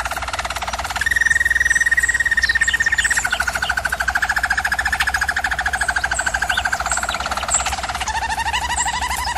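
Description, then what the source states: German Roller canary song: a held rolling tour that steps lower and continues for several seconds, then changes to a deeper roll, over a faint hum. German Roller canary song for training canaries.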